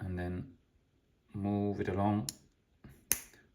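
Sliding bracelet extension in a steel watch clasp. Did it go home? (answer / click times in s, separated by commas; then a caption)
yes / 3.1 s. Someone talks while sliding the extension in the steel clasp of a Rolex Submariner 126610LV watch bracelet along to shorten it. A short rustle comes at 2.8 s, then a sharp metal click at 3.1 s as the extension locks into the next notch, leaving the bracelet tighter and no longer wobbly.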